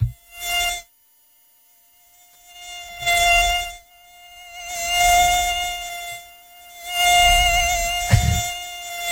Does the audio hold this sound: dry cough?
no